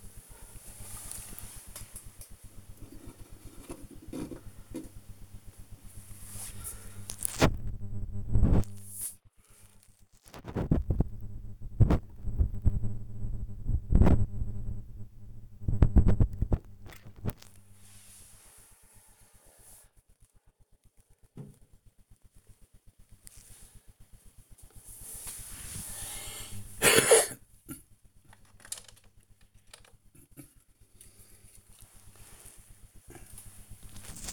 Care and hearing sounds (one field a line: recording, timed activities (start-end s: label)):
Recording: household activities, microphone on the right wrist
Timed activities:
0.00-34.33 s: dusting model cars